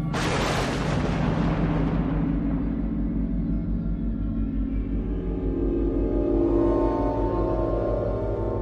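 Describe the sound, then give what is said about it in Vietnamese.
A deafening thunderclap from the sky cracks open with a sharp, bright burst, then rolls into a long, deep rumble that keeps growling for several seconds, as lightning flashes ahead of a coming violent rainstorm. No one speaks. “Chợt từ phía trên bầu trời, một tiếng sét đinh tai vang dội khiến cho Quanh giật mình bừng tỉnh giữa cơn mê.”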